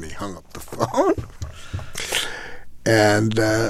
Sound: laughter

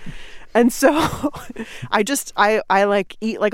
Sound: laughter

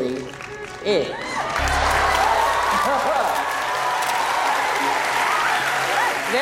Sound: applause

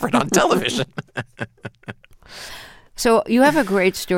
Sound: laughter

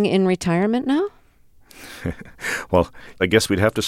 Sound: soundbite of laughter

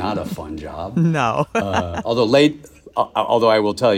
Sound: laughter

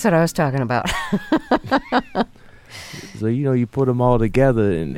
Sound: laughter

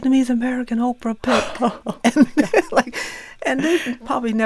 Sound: laughter

